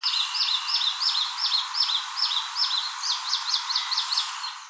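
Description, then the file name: Marsh tit calling: quick repeated high two-part notes, about three per second throughout, over a steady background hiss. "hasibutogara"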